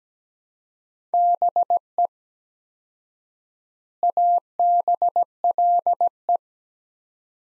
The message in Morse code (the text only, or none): BE ABLE